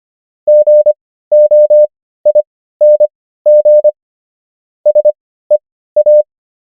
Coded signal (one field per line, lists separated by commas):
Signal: Morse code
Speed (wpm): 25 wpm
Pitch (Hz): 600 Hz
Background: none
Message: GOING SEA